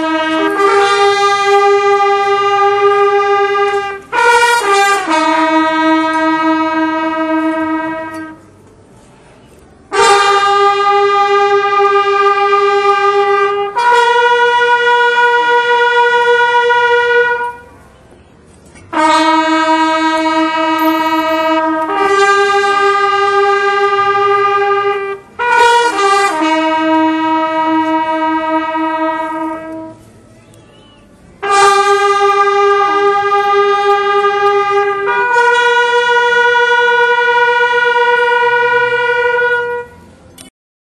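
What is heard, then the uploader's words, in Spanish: Trumpeters of Jesús play long, sustained, bright held notes in repeating phrases, each blast lasting several seconds with brief pauses between them. Trompeteros de Jesús. Sonidos cofrades de la Semana Santa de Úbeda (Jaén), captados por Eugenio Santa Bárbara.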